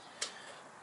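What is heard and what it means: A lubed bushing is dropped onto the pivot pin from the top and seats into the motorcycle kickstand frame tab as the kickstand is wiggled. A single sharp tick is heard at 0.2 s, and the bushing locks into place.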